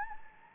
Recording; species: mosquito wingbeat signal from an infrared sensor; Anopheles gambiae